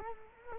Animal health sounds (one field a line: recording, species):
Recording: mosquito wingbeat signal from an infrared sensor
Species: Culex quinquefasciatus